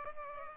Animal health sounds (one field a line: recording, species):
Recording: mosquito wingbeat signal from an infrared sensor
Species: Culex pipiens